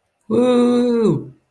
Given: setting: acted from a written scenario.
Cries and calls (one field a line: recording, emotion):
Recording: vocal sound without words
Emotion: elation